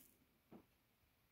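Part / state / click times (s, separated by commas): snap lid onto a drill storage container / not seated / none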